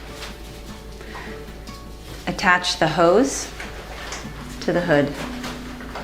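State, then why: Not seated. The breathing hose of a powered air-purifying respirator is being handled and attached to the hood connector while someone talks. Nothing has seated or clicked yet; the hose is not yet home when the clip ends.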